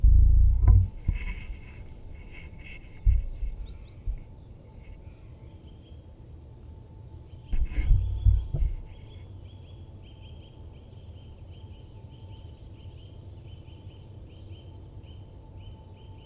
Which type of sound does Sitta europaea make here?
song